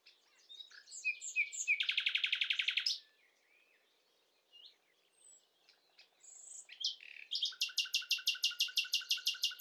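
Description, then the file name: Common nightingale song: a dense, fast trill of identical notes for about a second, a pause with scattered soft notes, then a loud, evenly repeated series to the end. "Luscinia megarhynchos"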